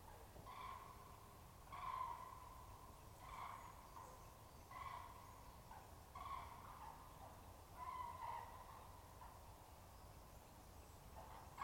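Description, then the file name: Common crane trumpeting calls, separate loud bugled notes repeated every second or two. At Der. "Grue-cendrée-Der"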